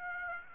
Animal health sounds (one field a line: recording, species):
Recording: mosquito wingbeat signal from an infrared sensor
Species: Aedes aegypti